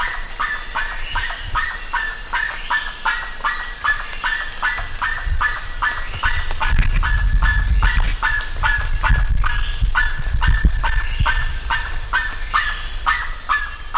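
Bird giving rapid, repeated harsh notes that slide downward, roughly two to three a second, while a deep rumbling noise swells in the middle.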